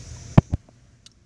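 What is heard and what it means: A plastic interior kick panel on a PT Cruiser's lower dash is pushed down into its small plastic retaining slots during a heater core replacement. A sharp snap at 0.4 s is followed by a softer knock, then a second crisp click at 1.1 s. The panel is seated in its slots.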